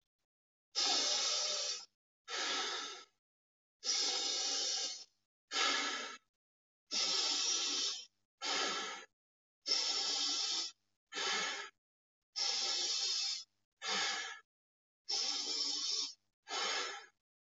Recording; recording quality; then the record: deep breathing; excellent, no background noise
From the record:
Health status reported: healthy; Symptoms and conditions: none ticked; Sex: male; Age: 40 years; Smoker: not ticked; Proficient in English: yes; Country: India